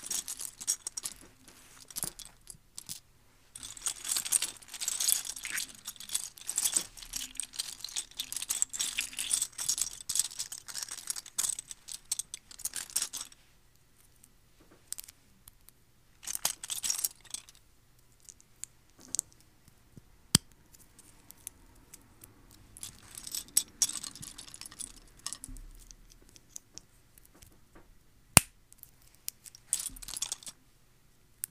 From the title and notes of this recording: No to zero mouth sounds. Lego building ASMR! - clicking , clacking.